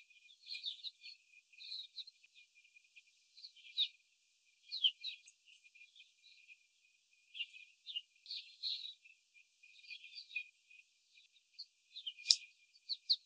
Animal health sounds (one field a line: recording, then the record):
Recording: young laying hens in a cage, short pieces joined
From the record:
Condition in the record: after the stressor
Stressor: simulated dog barking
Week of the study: 4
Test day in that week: 3